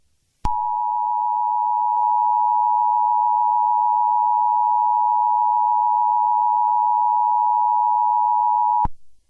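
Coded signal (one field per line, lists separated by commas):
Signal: Emergency Alert System (SAME) tones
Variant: 853 and 960 Hz attention tone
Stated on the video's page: Mock or remake of an EAS alert.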